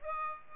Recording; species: mosquito wingbeat signal from an infrared sensor; Aedes albopictus